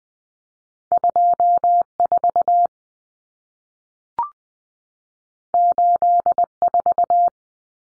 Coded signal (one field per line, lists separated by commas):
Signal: Morse code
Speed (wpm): 20 wpm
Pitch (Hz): 700 Hz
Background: none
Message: 24 84